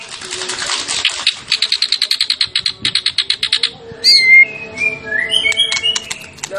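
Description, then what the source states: White-rumped shama singing: a fast run of buzzy pulsed notes, followed by clear high whistles and short sharp clicks, over a faint steady hum. Champion bird; masteran (training) recording.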